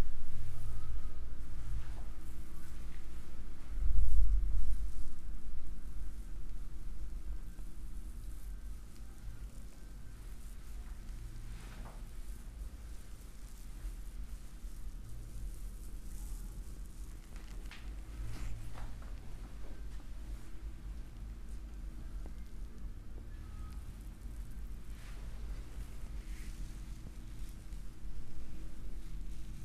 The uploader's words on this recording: ASMR relaxing head massage for deep sleep in the chair.